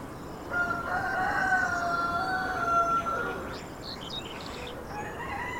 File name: Background with Roosters